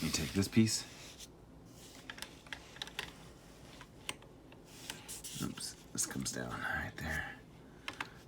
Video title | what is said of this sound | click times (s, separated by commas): The Daily Review 127: Mighty Morphin Power Rangers Soul of Chogokin Megazord | push this piece in you hear it click there | 7.9 s, 8.0 s